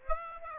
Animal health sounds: mosquito wingbeat signal from an infrared sensor; Aedes aegypti

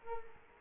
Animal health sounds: mosquito wingbeat signal from an infrared sensor; Culex quinquefasciatus

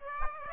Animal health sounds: mosquito wingbeat signal from an infrared sensor; Aedes aegypti

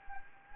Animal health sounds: mosquito wingbeat signal from an infrared sensor; Anopheles gambiae

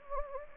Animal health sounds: mosquito wingbeat signal from an infrared sensor; Anopheles gambiae

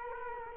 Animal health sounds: mosquito wingbeat signal from an infrared sensor; Culex quinquefasciatus

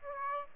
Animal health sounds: mosquito wingbeat signal from an infrared sensor; Aedes aegypti

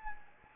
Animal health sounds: mosquito wingbeat signal from an infrared sensor; Anopheles gambiae

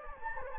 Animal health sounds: mosquito wingbeat signal from an infrared sensor; Anopheles gambiae

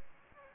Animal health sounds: mosquito wingbeat signal from an infrared sensor; Aedes albopictus

